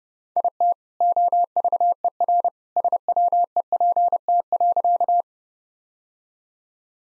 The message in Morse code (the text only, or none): IT OVERSWEPT.